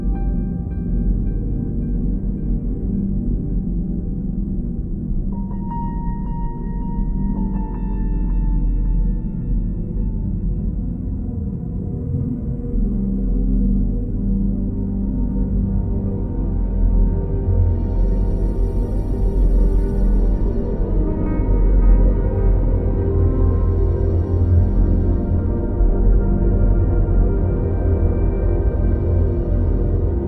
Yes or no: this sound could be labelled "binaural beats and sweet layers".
yes